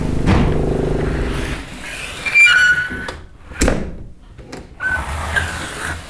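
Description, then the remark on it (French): A new door, creaking since a burglary, swings on squeaking hinges, giving a couple of short, high-pitched creaks, then a sharp thud, followed by another brief squeal as it moves again. No one speaks. “Et la porte était neuve, hein. Ah, oui. Et depuis lors, elle grince, quoi.”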